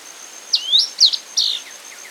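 Forest elaenia song: three quick, high, sharp notes, the first dropping then rising, over a thin steady insect-like hum.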